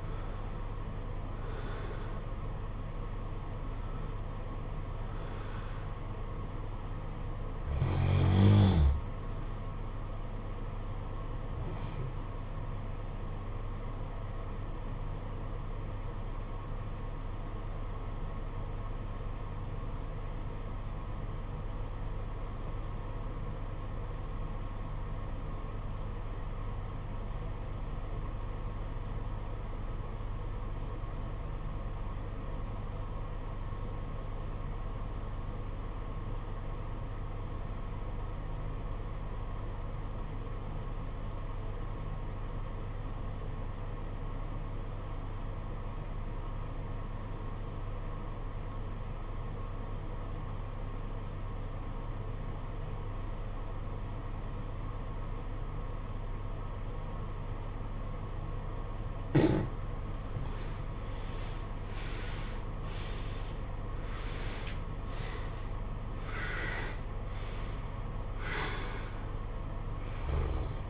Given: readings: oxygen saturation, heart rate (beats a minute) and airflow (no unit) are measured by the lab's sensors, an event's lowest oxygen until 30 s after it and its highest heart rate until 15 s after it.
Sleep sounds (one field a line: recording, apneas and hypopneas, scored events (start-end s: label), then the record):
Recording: breathing in sleep by a smartphone at the bedside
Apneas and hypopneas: 1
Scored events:
13.00-60.60 s: obstructive apnea (REM, oxygen 95% highest, then 73% lowest, heart rate 50 at the start, 79 highest)
From the record:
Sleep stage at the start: REM sleep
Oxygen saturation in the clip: 76 to 95%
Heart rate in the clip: 49 to 79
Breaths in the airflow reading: 7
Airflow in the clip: -16.5 to 14.7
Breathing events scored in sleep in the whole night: 476 in 9.7 hours asleep